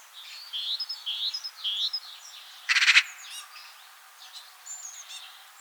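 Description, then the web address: Eurasian magpie call: a brief harsh rattling burst near three seconds, preceded by a run of soft arched whistled notes and followed by faint scattered twittering. "vogelstimmen elster ruf gesang nabu lars lachmann"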